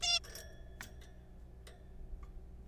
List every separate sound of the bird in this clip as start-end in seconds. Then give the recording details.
0.03-0.19. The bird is a juvenile. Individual R3428